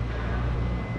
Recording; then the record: background sound without coughing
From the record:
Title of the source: 30 MINUTES Construction Site Ambience (CC BY 4.0)